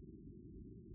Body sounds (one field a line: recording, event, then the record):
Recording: neck accelerometer signal played as sound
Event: no cough (speech, laughter, throat clearing or background)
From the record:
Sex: female